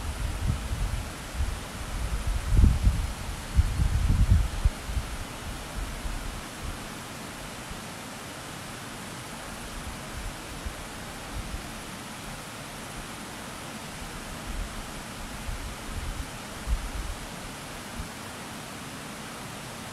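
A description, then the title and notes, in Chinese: Forest ambience near a Japanese town: a steady, even hiss fills the air, with deep low rumbles thumping around three to four seconds in. 日本丰田市附近的森林。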